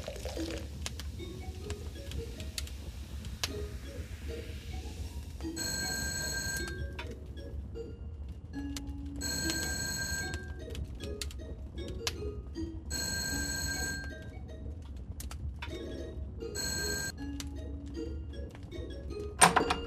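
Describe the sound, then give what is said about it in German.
An old-style telephone bell rings in repeated bright, metallic bursts, about three or four rings spaced a few seconds apart, over a low background rumble with occasional soft knocks. “Ein Anruf für Sie, Frau Direktorin.”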